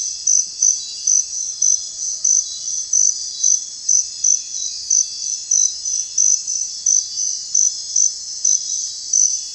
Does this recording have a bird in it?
no